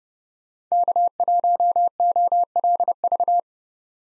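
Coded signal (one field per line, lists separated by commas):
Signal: Morse code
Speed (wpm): 37 wpm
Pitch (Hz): 700 Hz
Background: none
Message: K1OLV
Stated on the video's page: Morse practice of USA 1x3 call signs in speed-racing format, starting fast and slowing to a 30 wpm base speed; the final repeat is sent at maximum speed.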